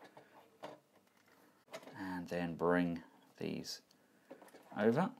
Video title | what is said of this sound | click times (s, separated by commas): TF Dream Factory GOD-02 Tank Warrior KO Transformers APS-02 Leader Class Brawl Review | and once we do that we can push it up so it actually clicks into place | 0.6 s